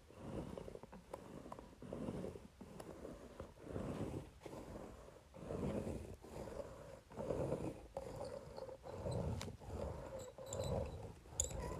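A facial roller moves over paper in repeated strokes, making a low, rough rolling rumble that swells and fades with each pass. Brief dips between strokes come roughly every second, and scattered small clicks and ticks appear, more often near the end.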